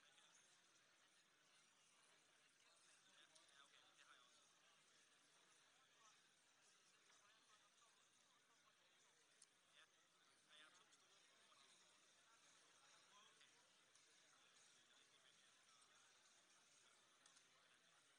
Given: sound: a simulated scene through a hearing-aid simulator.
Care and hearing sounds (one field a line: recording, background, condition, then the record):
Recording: conversation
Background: cafeteria (anchor of the quiet scene)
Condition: -6 dB SNR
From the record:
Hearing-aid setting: anchor resembling a broken hearing aid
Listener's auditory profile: A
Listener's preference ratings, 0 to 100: 0, 0, 1